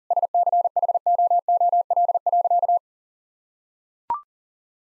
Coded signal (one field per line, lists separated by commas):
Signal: Morse code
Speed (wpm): 40 wpm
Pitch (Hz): 700 Hz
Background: none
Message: SCHOOL.